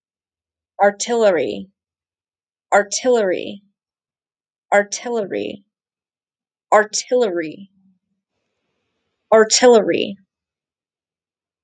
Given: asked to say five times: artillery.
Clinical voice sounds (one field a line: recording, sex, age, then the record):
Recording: repeated word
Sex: female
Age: 30 to 39 years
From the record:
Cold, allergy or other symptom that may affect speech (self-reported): no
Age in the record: 33 years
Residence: Pennsylvania, United States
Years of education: 13